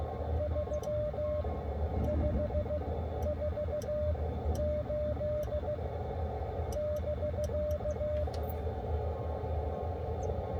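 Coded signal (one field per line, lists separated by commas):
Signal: Morse code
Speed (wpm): 15 wpm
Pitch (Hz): 600 Hz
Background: none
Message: 3548 <BK>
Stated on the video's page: Park activation from inside a car at a state park.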